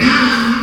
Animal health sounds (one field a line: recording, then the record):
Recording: squeal of a Yucatan mini pig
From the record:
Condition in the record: after surgery on the right vocal fold (resection and tissue-engineered implant)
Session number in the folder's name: 14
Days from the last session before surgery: 133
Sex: female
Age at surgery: 19 weeks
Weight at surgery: 25 kg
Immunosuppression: prednisolone